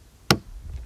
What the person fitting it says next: I heard it click.